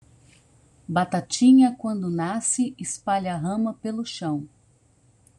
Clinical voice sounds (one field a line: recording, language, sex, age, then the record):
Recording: short text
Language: Brazilian Portuguese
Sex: female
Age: 50 to 59 years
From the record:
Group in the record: control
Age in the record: 50 years